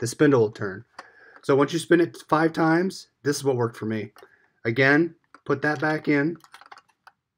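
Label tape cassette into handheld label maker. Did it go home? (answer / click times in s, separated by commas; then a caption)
no / none. Someone talks while handling a plastic label tape cassette at the bay of a Dymo LabelManager 160 handheld label maker, after the jam has been cleared by spinning the spindle. A few faint, quick ticks come near 6.6–6.7 s as the speech trails off. The cassette has not snapped into the label maker yet; nothing has seated.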